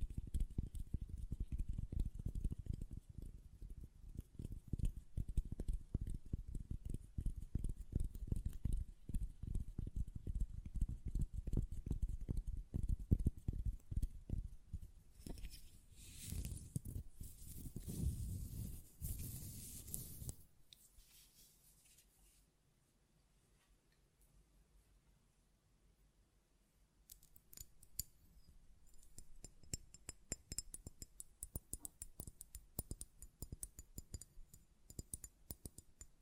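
A glass perfume bottle is handled with dense, rapid tapping and knocking for the first twenty seconds, the busiest stretch around 15 to 20 seconds. After a near-silent pause, sharper, brighter clicks and taps of the lid resume from about 27 seconds to the end.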